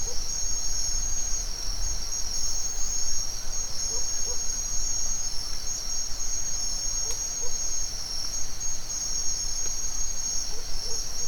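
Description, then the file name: Crickets trilling in a steady, high, continuous trill over a low background rumble, with several faint short notes. Forest at dawn in Mexico. "felix blume nature ambience forest dawn owl birds crickets insects mexico"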